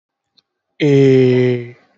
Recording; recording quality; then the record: sustained vowel as in made; excellent, no background noise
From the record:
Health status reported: recovered from COVID-19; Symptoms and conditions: fever, muscle pain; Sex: male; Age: 28 years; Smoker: not ticked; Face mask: worn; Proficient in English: yes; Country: India